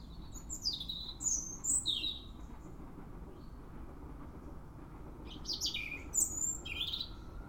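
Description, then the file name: European robin singing two bouts of rapid, thin, sliding high notes, the first near the start and the second after a quiet gap of about three seconds. "Erithacus rubecula"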